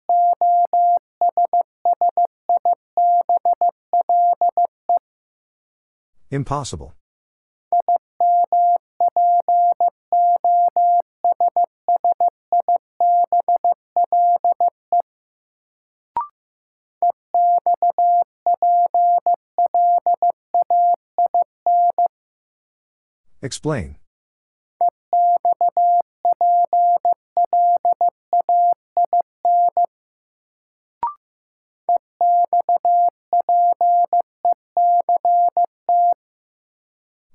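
Morse code beeps at a single steady mid-pitched tone, keyed in rapid dots and dashes in bursts of several seconds separated by short silences. Two brief crackling noise bursts interrupt, around 6 and 23 seconds, with faint clicks near 16 and 31 seconds.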